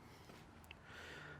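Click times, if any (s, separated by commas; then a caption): 0.7 s. The plastic charge port door on a 2018 Optima is pushed back into place in the car body. A single short, sharp click at 0.7 s, just after a fainter tick at 0.6 s, is heard over a steady background hum as the door latches and seats closed.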